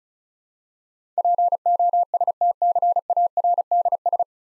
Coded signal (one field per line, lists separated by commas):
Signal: Morse code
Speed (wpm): 36 wpm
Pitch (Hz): 700 Hz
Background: none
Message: POSTCARDS